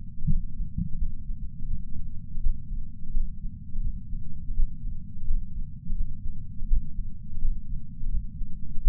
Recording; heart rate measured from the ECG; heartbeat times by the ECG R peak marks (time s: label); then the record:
heart sounds by patch sensor on the chest; 84 bpm
0.27 s: heartbeat
0.97 s: heartbeat
1.68 s: heartbeat
2.41 s: heartbeat
3.12 s: heartbeat
3.82 s: heartbeat
4.54 s: heartbeat
5.26 s: heartbeat
5.95 s: heartbeat
6.68 s: heartbeat
7.40 s: heartbeat
8.09 s: heartbeat
8.81 s: heartbeat
From the record:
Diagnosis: coronary artery disease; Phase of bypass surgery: postoperative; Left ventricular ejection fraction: 60.9%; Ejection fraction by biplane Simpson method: 59.5%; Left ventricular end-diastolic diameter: 49 mm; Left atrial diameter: 39 mm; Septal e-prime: 6.3 cm/s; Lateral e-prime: 6.7 cm/s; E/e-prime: 11.5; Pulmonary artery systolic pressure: 33 mmHg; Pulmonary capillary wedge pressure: 2 mmHg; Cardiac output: 6.3 L/min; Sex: male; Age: 71 years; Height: 162 cm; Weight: 75 kg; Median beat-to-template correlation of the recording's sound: 0.79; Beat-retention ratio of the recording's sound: 1.00